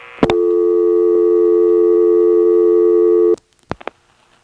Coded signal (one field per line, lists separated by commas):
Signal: telephone call progress tone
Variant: North America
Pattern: dial tone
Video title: Carolina Tel. part 1: Step with ESS tones in Washington NC, March 1977